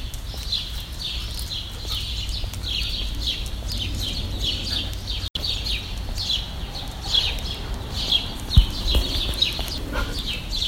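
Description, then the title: Birds give a steady stream of high chirps, with a brief dropout midway and a low background drone. "Birds Chirping Meditation"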